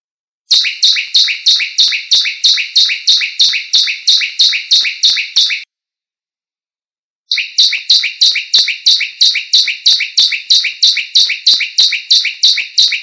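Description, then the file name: Bar-winged prinia singing two long runs of rapid, evenly spaced buzzy chirps, about three each second, separated by a short silent pause. "suara burung ciblek lain"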